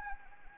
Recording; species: mosquito wingbeat signal from an infrared sensor; Anopheles arabiensis